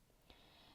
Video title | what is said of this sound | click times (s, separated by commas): How to Thread a Sewing Machine (and Bobbin) | and then in my case that little bar goes to the right you put it until you hear the click | 0.3 s